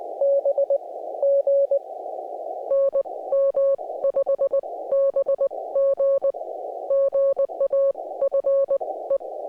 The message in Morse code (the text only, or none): BG NM 5 BG GA FE